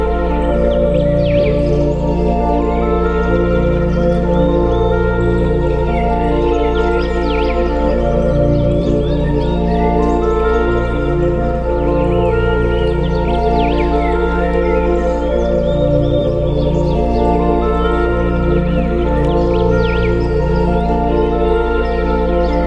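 Birdsong in short, thin chirps and trills that come and go every few seconds, over a loud, steady humming drone of layered low and middle tones. The drone barely changes from start to finish, and the level stays constant throughout.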